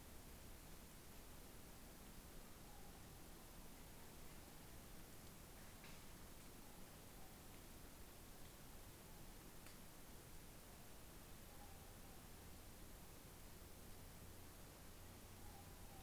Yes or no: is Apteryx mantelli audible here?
no